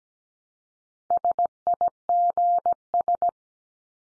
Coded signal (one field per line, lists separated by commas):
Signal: Morse code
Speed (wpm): 17 wpm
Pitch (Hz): 700 Hz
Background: none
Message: SIGS